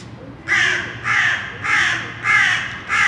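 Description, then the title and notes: Crows calling with a rapid series of five raspy caws, each roughly half a second long, evenly spaced over a faint low hum. Crows recorded in Saint-Gilles, Belgium, with Earsight V2 microphones in AB stereo into a Zoom F3. "Saint-Gilles, Belgique - Crows - corneilles. corbeaux corneilles"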